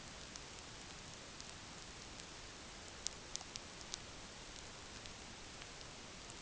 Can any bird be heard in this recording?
no